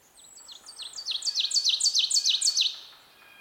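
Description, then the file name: Ovenbird song, a crescendo of repeated two-part chanting phrases, high and emphatic, swelling louder over two seconds before fading quickly. "Seiurus aurocapilla - Ovenbird"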